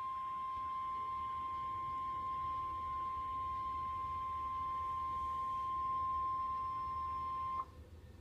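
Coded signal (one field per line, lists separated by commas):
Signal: Emergency Alert System (SAME) tones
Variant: 1050 Hz attention tone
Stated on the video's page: Real NOAA Weather Radio alerts recorded from a transmitter on 162.550 MHz at Evansville, Indiana.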